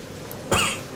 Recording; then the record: coughing mixed with background sound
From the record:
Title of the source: Mid-morning Winter Coughing Fit